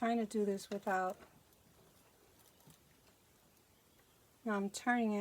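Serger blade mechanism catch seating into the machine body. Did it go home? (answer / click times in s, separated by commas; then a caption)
no / none. Someone talks while turning a small catch on the cutting-blade mechanism of a White Power Lock serger, over 20 years old, back down toward its slot in the machine body. Between the talk there are only faint, soft handling sounds. The catch has not yet clicked or seated into place by the end.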